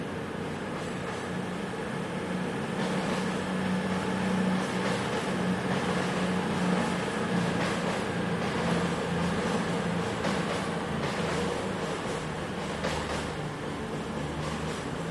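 A busy train station with a steady, dense rumble, likely idling trains, and a low droning hum running throughout. Sharp metallic clanks and knocks break through every few seconds, with a muffled wash of activity in the background.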